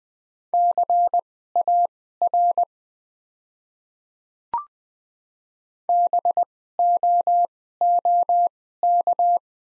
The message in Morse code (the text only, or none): CAR BOOK